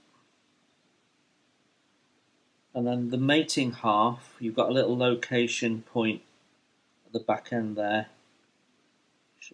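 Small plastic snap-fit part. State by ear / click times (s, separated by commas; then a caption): seated / 9.4 s. Someone talks while pressing the mating hull half of a plastic Tamiya 1/350 Mogami aircraft-carrying cruiser model kit onto its location point at the back end. A short, sharp click is heard at 9.4 s as the half seats into place.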